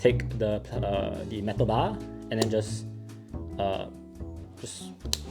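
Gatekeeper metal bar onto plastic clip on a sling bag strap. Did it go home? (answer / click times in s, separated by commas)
yes / 5.1 s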